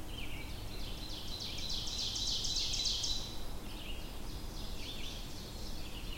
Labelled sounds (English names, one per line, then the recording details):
Ovenbird song
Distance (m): 60 m
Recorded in boreal forest in Alberta, Canada, on 22 June 2016 at 06:22
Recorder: SongMeter 3, array SBT-6-76
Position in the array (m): 275 m, 90 m
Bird 1